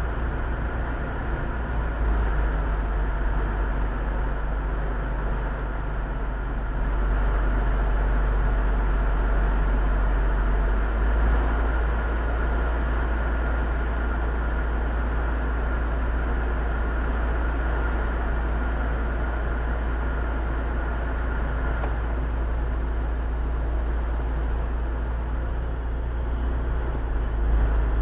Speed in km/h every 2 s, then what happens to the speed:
17, 10, 5, 0, 0, 0, 0, 0, 0, 0, 0, 0, 0, 0.
0-5 slows to 0. 5-28 standing.